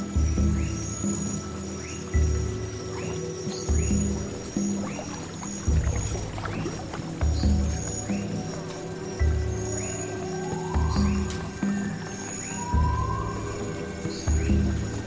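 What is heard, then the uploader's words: Jungle swamp ambience: a low pulsing throb repeating about every two seconds under steady insect buzz, chirps, and occasional rising calls. Jungle swamp ambience.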